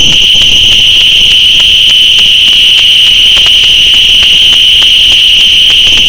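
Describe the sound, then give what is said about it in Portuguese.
Loud, unbroken chorus of crickets chirping in the backyard of a house, a shrill, high-pitched trill with rapid regular pulses that runs steadily throughout, with no voices. “Esses são os grilos no quintal da minha casa.”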